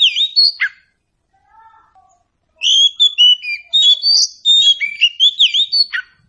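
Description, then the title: Oriental Magpie-Robin song opening with a short whistled phrase, a soft low note, then a long lively run of varied clear whistles and twitters. Meant to prompt a bird to sing in reply. "Nyaut Kacer"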